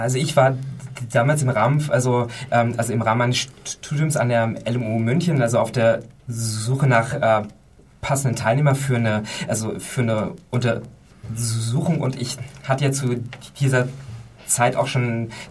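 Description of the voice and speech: An adult man speaking German with phrase repetitions, prolonged sounds and hesitant pauses: mild stuttering.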